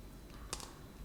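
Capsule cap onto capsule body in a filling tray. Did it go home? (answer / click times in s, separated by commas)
yes / 0.5 s, 0.6 s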